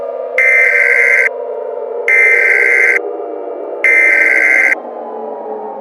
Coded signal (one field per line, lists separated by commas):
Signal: Emergency Alert System (SAME) tones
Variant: header bursts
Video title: EAS Scenario 5: The Christmas War